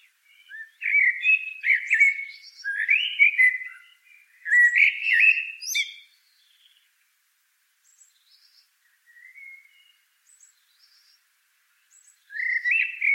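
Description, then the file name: Common blackbird singing several rich warbled phrases with high chittering ends, then a quiet gap broken by faint notes before another phrase starts. "Turdus merula"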